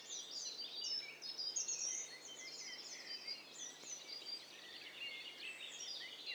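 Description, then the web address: Birds singing together, a dense chorus of overlapping high chirps, trills and whistled notes from several singers, continuous throughout with rising and falling bursts. Mixture of several birds. "Hi Fi STEREO BIRD COCKTAIL PARTY Challenge"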